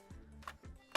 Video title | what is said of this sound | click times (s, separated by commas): 🔄 LEGO Star Wars 2020 General Grievous's Starfighter review! 75286 re upload | closes with a little with a little click | 0.9 s